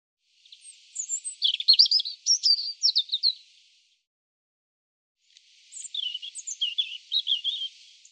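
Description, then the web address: European robin song: two phrases of rapid, high, tumbling notes and thin whistles, separated by a pause of about two seconds. "cianscape birddata Deverinetal 2025 Bird Er Ru"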